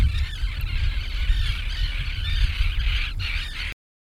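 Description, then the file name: Gulls calling in a dense flock of overlapping harsh squawks over a steady low rumble; the sound stops abruptly near the end. Gulls near the sea. "Seagulls Near Sea"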